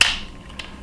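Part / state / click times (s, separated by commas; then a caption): plastic robot piece into combining toy robot body / seated / 0.0 s. A plastic piece of a Doubutsu Gattai DX Wild Zyuoh King combining toy robot is swung inward into the robot body until it locks, giving a sharp, bright click at 0.0 s. The click rings out and fades, followed by two much fainter ticks around 0.6 s and 0.9 s. The piece is seated.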